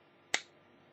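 A blade of a two-blade slip-joint Barlow pocket knife made in Pakistan, a non-locking steel blade on a backspring, is opened or closed. It snaps into place against the backspring with a single sharp click at 0.4 s that fades quickly against a quiet background. The blade seats firmly; it doesn't lock but snaps into position very well.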